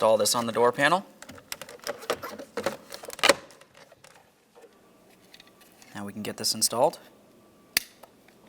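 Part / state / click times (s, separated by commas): window belt weatherstrip trim clip into door panel / seated / 7.8 s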